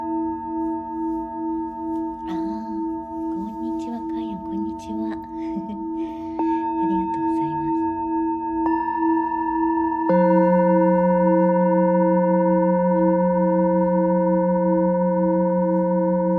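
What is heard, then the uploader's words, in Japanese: Singing bowls ring with long, sustained tones that pulse and waver steadily. New strikes add fresh ringing layers near 6, 9 and 10 seconds, each making the sound fuller and louder. A soft voice murmurs briefly early on, over a low rumble. 朝のちょこっとLive シンギングボウル。シンギングボウルの波動。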